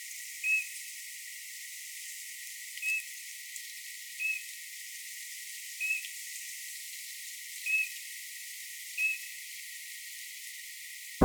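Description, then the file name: Eurasian bullfinch calling with six brief, soft whistled notes at uneven intervals, over constant background hiss. "Pyrrhula pyrrhula"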